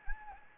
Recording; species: mosquito wingbeat signal from an infrared sensor; Anopheles gambiae